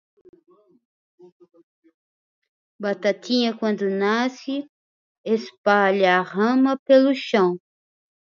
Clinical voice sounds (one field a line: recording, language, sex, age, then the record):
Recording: short text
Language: Brazilian Portuguese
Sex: female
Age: 50 to 59 years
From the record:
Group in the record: control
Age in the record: 52 years